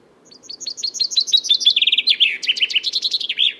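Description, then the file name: Common chaffinch song: a run of sharp descending notes, then lower notes ending in a final flourish; no other sounds. "Fringilla coelebs"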